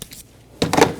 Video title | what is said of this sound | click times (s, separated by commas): How to Replace Variable Valve Timing Solenoid 2008-2015 Scion xB 2.4L L4 | Install the connector, push until you hear a click. If you don't, give it a pull, make sure it's locked on. | 0.6 s